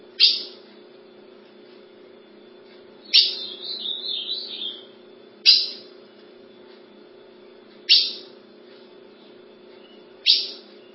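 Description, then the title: Ultramarine grosbeak giving sharp call notes about every two to three seconds, with one short warbled phrase after the second note, over a steady low hum. "Azulao"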